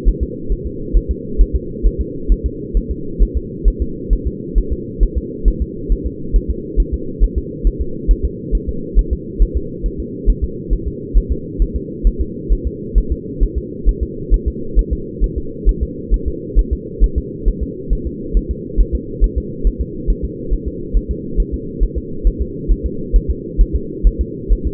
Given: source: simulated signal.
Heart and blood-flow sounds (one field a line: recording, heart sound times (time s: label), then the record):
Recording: fetal heart sounds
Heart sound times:
0.08 s: S1
0.23 s: S2
0.52 s: S1
0.66 s: S2
0.97 s: S1
1.11 s: S2
1.41 s: S1
1.56 s: S2
1.86 s: S1
2.01 s: S2
2.32 s: S1
2.46 s: S2
2.77 s: S1
2.91 s: S2
3.22 s: S1
3.37 s: S2
3.68 s: S1
3.82 s: S2
4.13 s: S1
4.27 s: S2
4.58 s: S1
4.72 s: S2
5.03 s: S1
5.18 s: S2
5.48 s: S1
5.62 s: S2
5.92 s: S1
6.06 s: S2
6.36 s: S1
6.50 s: S2
6.80 s: S1
6.94 s: S2
7.24 s: S1
7.38 s: S2
7.67 s: S1
7.81 s: S2
8.11 s: S1
8.25 s: S2
8.55 s: S1
8.69 s: S2
8.99 s: S1
9.13 s: S2
9.42 s: S1
9.57 s: S2
9.86 s: S1
10.00 s: S2
10.29 s: S1
10.44 s: S2
10.73 s: S1
10.88 s: S2
11.17 s: S1
11.32 s: S2
11.62 s: S1
11.76 s: S2
12.07 s: S1
12.21 s: S2
12.52 s: S1
12.67 s: S2
12.98 s: S1
13.12 s: S2
13.43 s: S1
13.58 s: S2
13.89 s: S1
14.03 s: S2
14.34 s: S1
14.48 s: S2
14.79 s: S1
14.93 s: S2
15.24 s: S1
15.38 s: S2
15.69 s: S1
15.83 s: S2
16.14 s: S1
16.28 s: S2
16.59 s: S1
16.73 s: S2
17.04 s: S1
17.18 s: S2
17.48 s: S1
17.63 s: S2
17.93 s: S1
18.07 s: S2
18.37 s: S1
18.51 s: S2
18.81 s: S1
18.95 s: S2
19.24 s: S1
19.38 s: S2
19.67 s: S1
19.81 s: S2
20.10 s: S1
20.25 s: S2
20.53 s: S1
20.68 s: S2
20.97 s: S1
21.11 s: S2
21.40 s: S1
21.54 s: S2
21.83 s: S1
21.98 s: S2
22.27 s: S1
22.41 s: S2
22.72 s: S1
22.86 s: S2
23.16 s: S1
23.31 s: S2
23.61 s: S1
23.76 s: S2
24.07 s: S1
24.21 s: S2
24.52 s: S1
24.67 s: S2
From the record:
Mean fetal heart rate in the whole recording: 135 bpm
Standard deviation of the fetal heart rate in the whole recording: 3 bpm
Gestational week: 36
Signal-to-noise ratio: -4.3 dB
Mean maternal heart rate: 72 bpm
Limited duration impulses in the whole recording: absent